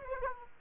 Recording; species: mosquito wingbeat signal from an infrared sensor; Aedes aegypti